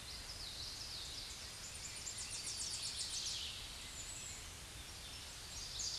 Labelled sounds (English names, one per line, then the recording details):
Tennessee Warbler song
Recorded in a Pennsylvania forest on 16 May 2024 at 07:15
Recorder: AudioMoth, point MSD-2131
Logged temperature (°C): 14.8 °C
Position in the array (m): 18 m, 43 m